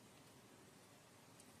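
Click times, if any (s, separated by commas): none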